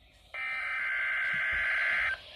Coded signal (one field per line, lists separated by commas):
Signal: Emergency Alert System (SAME) tones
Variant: header bursts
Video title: Eas#4